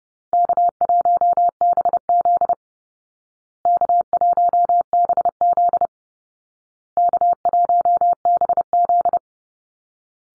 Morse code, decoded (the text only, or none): K1BZ K1BZ K1BZ